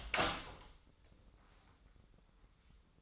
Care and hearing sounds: daily activity, microphone in the room; open door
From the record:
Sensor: 3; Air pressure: 996.1 hPa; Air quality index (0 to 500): 65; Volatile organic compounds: 3 ppm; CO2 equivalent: 1522 ppm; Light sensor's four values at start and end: 14/33/14/14 and 14/34/14/14

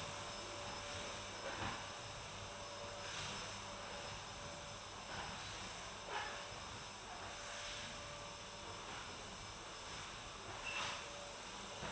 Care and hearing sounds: daily activity, microphone in the room; vacuum cleaning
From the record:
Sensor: 2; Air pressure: 1011.7 hPa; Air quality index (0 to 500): 220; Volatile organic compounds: 4 ppm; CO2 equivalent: 1549 ppm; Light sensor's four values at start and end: 8/20/8/8 and 8/20/8/8

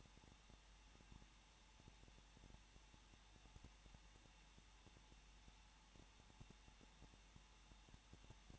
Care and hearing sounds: daily activity, microphone in the room; no activity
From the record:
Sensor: 1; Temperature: 20.1 degrees Celsius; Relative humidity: 39.4%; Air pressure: 1006.4 hPa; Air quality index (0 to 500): 219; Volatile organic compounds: 81 ppm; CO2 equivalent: 3611 ppm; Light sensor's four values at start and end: 1/2/1/1 and 1/2/1/1

